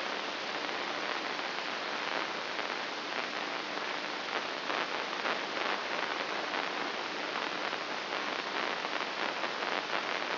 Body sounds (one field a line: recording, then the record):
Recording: brain microelectrode recording played as sound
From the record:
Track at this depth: inside the subthalamic nucleus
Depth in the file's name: 4.585 mm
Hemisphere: left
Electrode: 2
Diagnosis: Parkinson's disease